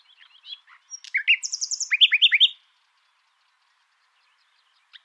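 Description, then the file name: Common nightingale song: a short clear whistle, then a rapid run of loud repeated notes, ending abruptly at about two and a half seconds. "Luscinia megarhynchos"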